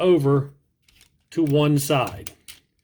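Someone talks while twisting and flipping the plastic rocket-pod mechanism of a 1994 G2 Dreadwing and Smokescreen robot toy over to one side during transformation, with a faint handling tap near the end. The mechanism has not locked into the toy's body yet, and nothing has seated or clicked.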